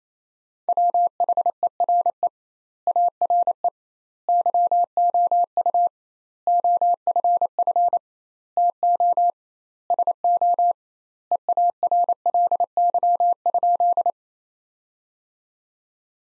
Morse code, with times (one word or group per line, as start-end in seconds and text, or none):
0.7-2.3 WHERE
2.9-3.7 ARE
4.3-5.9 YOU
6.5-8.0 OFF
8.6-9.3 TO
9.9-10.7 SO
11.3-14.1 EARLY?